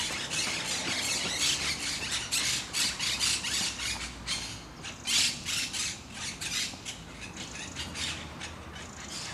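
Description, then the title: Parakeet calls, rapid harsh screeches in a noisy, pulsing series that rises and falls. Parc de Forest, Saint-Gilles, Belgium; recorded with Sony PCM-D100 internal microphones in wide position. "Parc de Forest, 1060 Saint-Gilles, Belgique - Parakeets - Perruches"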